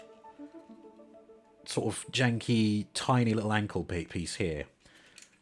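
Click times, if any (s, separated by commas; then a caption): none. A small plastic ankle hinge on a Transformers action figure, a jointed ankle piece that goes into the foot hinge, is handled and articulated while someone talks over faint background music. A brief faint tick is heard near 5.2 s, but the part has not yet clicked into place, and nothing has seated by the end of the clip.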